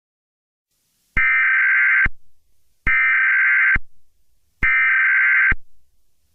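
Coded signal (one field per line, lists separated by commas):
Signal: Emergency Alert System (SAME) tones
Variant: header bursts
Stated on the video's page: Fictional EAS scenario made with CapCut.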